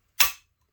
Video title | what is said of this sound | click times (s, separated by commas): Semi auto SG43 parts overview | locks into place | 0.2 s